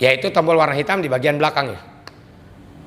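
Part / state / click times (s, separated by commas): release button on the lung demand valve of a breathing apparatus / released / 2.1 s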